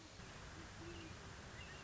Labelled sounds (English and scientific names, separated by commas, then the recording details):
Great Horned Owl (Bubo virginianus)
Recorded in Sonoma County, California